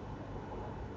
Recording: background sound without coughing